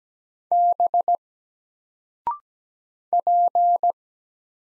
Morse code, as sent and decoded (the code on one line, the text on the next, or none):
-... / .--.
B P